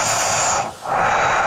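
Two harsh, hissing breath bursts with a brief pause between them, rasping through the nose with little low rumble and sounding like a CPAP machine. This is an adult's nasal snoring with the mouth shut, a loud, noisy sleep breathing sound coming from the nasal passage.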